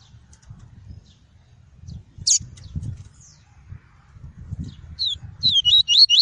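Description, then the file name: Double-collared seedeater singing: a lone high note, then a quick run of repeated, rising-and-falling whistled notes at the end, with low rumbling background. Song of the "tui-tui" variety. "canto do papa capim tui tui"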